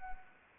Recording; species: mosquito wingbeat signal from an infrared sensor; Anopheles arabiensis